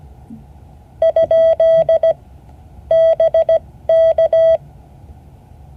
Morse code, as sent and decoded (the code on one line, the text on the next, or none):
..--.. / -... -.-
? BK